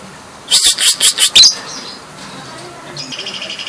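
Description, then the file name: Lovebird burst of five loud, harsh buzzy notes in quick succession, then a faint, fast high trill after a short pause. Champion bird of a national lovebird singing contest. "Suara Lovebird Juara Lomba Nasional Si Gempol"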